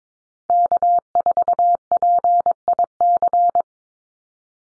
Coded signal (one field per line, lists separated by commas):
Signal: Morse code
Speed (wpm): 22 wpm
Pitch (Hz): 700 Hz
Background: none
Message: K4PIC